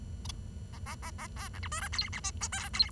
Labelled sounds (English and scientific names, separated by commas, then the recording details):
Bengalese Finch (Lonchura striata domestica) song
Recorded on 23 June 2012 at 09:58
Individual gr41rd51